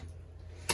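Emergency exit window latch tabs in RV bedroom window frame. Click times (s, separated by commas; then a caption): 0.7 s. Latch tabs on the emergency-exit window in the bedroom window frame of a 2025 Forest River Wildwood 28VIEW RV are pressed to lower the window, over a steady low hum. A single sharp click sounds at 0.7 s as the tabs release.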